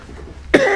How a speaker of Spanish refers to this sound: Ahora tengo tos. Estoy con un poco de tos. Sí, no sé si es alérgica, si es, qué sé yo. Entre el resfrío y la alergia de esta época misma. Estoy así todo el invierno.